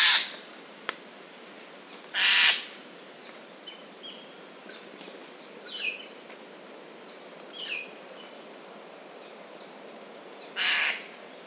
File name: Garrulus glandarius